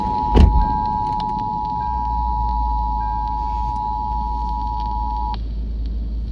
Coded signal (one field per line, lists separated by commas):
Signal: Emergency Alert System (SAME) tones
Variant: 853 and 960 Hz attention tone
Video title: EAS #106 “Charleston FFW.” 8/22/2026